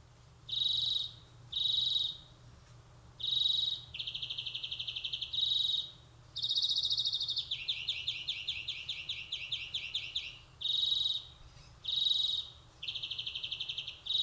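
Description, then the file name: European greenfinch giving short buzzy notes mixed with longer pulsed trills and a sustained wheezy buzz. "Chloris chloris"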